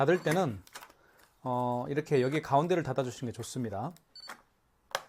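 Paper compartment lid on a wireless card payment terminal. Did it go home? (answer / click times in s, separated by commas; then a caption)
yes / 5.0 s. Someone talks while the plastic paper-compartment lid of a KMC-Z603 wireless card payment terminal is pressed closed after the thermal paper roll is loaded and its end pulled out. A faint tap comes at 4.2 s, then the lid snaps shut with a sharp click at 5.0 s, seating it.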